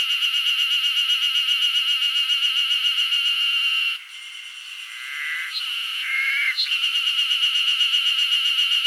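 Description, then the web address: Cicada scree: a continuous high, rasping buzz that drops out briefly around the middle, where a few short tonal chirps are heard, then resumes strongly. Wild cicadas screeching in Hokkaido, Japan. "Google Sounds Sound Matters. Cicadas scree in wild hokkaido"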